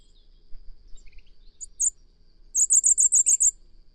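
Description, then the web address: Bird calls: a few scattered high chirps, then a quick run of several thin, high-pitched notes, with a faint steady high whine in the background. "cianscape. Deverinetal 2025. Bird Only"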